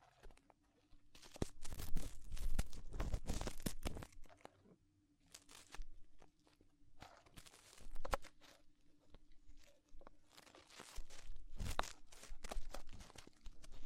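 Crisp crunching and crackling touches come in uneven bursts near the ear, with a low steady hum underneath.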